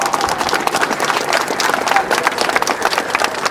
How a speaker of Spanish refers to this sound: Yo pido un fuerte aplauso también para la empresa, compañeros, que nos ha cumplido a tiempo la obra.